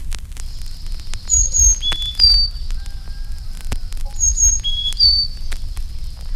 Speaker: Chickadee uses several high-pitched notes in different songs.